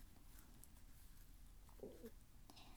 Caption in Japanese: またお腹が鳴った。今お昼なんですけど、お昼ご飯まだ食べてないんですよね。